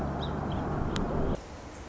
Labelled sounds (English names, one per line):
Song Sparrow